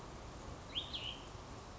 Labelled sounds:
Cassin's Vireo
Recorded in Sonoma County, California

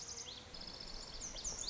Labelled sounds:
Lazuli Bunting
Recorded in Sonoma County, California

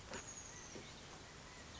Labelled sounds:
Chestnut-backed Chickadee
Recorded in Sonoma County, California

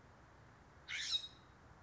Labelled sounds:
California Scrub-Jay
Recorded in Sonoma County, California

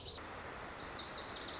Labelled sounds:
Lazuli Bunting
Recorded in Sonoma County, California

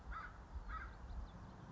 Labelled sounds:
American Crow
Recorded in Sonoma County, California

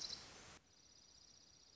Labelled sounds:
Dark-eyed Junco
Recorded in Sonoma County, California

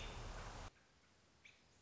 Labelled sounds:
American Robin
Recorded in Sonoma County, California

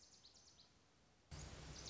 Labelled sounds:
Lazuli Bunting
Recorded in Sonoma County, California

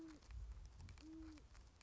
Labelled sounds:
Great Horned Owl
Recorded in Sonoma County, California

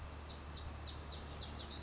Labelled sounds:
Lazuli Bunting
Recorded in Sonoma County, California

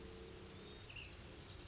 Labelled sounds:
Ash-throated Flycatcher
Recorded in Sonoma County, California

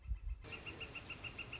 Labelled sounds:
Northern Flicker
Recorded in Sonoma County, California

